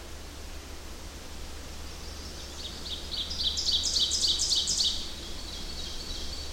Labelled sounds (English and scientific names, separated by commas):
Ovenbird (Seiurus aurocapilla) song